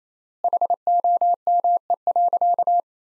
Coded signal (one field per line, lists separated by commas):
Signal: Morse code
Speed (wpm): 28 wpm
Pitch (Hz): 700 Hz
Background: none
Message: HOME.